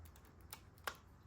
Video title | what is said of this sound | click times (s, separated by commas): How to Replace Savi’s Workshop Lightsaber Batteries | and that will actually lock it in you'll feel it kind of pop into place | 0.5 s, 0.9 s